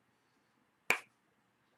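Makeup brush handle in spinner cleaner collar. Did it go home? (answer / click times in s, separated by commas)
released / 0.9 s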